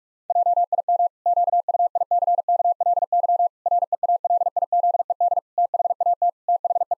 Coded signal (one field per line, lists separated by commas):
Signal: Morse code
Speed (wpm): 44 wpm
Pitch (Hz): 700 Hz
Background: none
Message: JIM QUICKLY REALIZED THAT THE